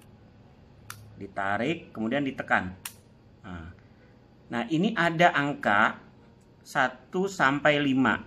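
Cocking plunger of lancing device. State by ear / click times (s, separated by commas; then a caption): seated / 0.9 s. The plunger of a plastic lancing device is pulled back until it latches in the cocked position, giving a sharp click at 0.9 s. Someone talks before and after the click.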